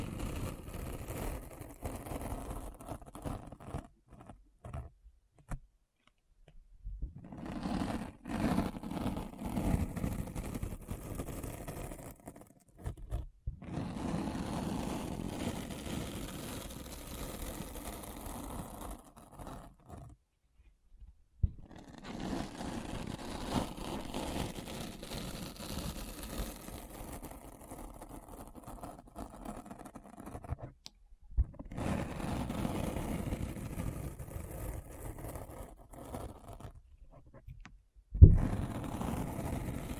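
Deep brain scratching ASMR: low, rough scraping and rubbing in long dense stretches, broken by several brief silences around 6, 12, 20, 31 and 37 seconds. The texture stays mostly muffled and low, with a sharper tap near 38 seconds.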